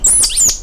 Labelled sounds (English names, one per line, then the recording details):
Stitchbird song
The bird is a male
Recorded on Tiritiri Matangi Island, New Zealand, in 2005
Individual 1, of nest box 1